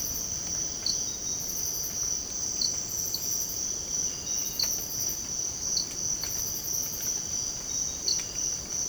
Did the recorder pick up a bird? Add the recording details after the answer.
no. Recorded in secondary vegetation near Puerto Asís, Putumayo, Colombia, on 24 March 2025 at 05:00. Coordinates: 0.488, -76.319. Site G095